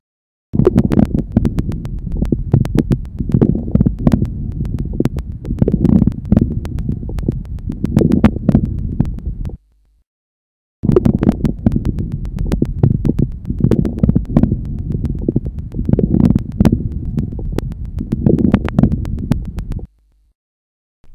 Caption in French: Les crépitants de la bronchéctasie. Ils sont caractéristiques de bronchiectasie. Des crépitants inspiratoires nombreux qui prédominent en mi-inspiration, mais peuvent occuper la presque totalité de l'inspiration. Ils s'associent à de nombreux crépitants expiratoires.